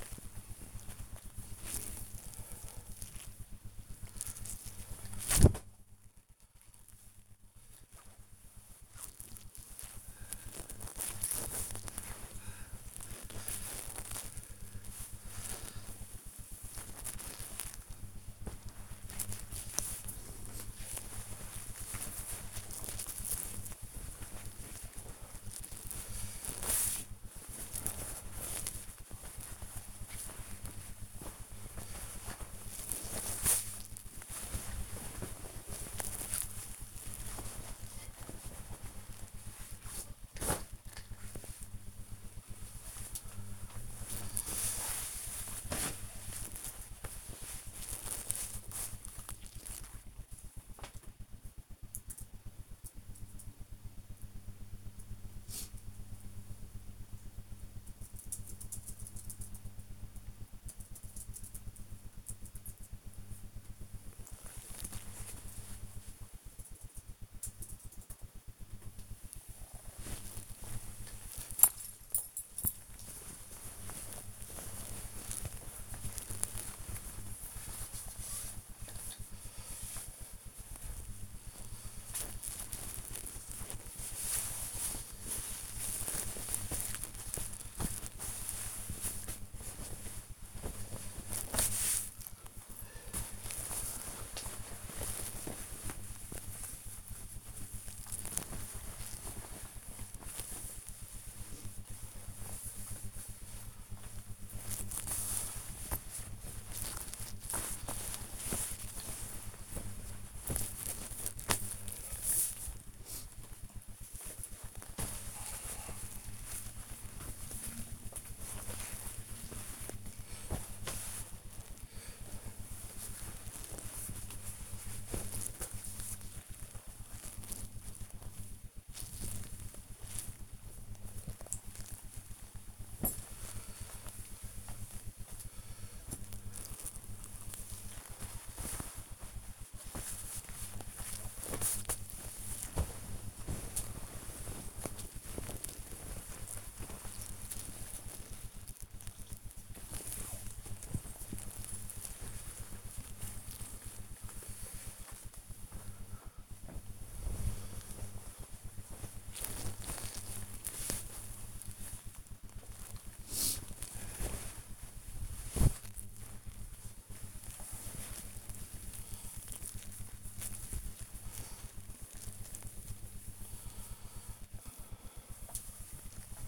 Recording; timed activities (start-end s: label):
household activities, microphone on the right wrist
0.00-62.85 s: tidy up the wardrobe
67.90-176.48 s: tidy up the wardrobe